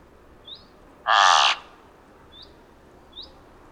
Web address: Thick billed raven. دانلود-صدای-پرنده-غراب-نوک-کلفت